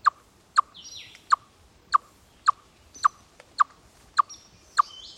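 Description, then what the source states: Chipmunk alarm call: nine hollow chuck notes at an even pace of roughly two per second, with soft birdsong behind. Aerial predator alarm call.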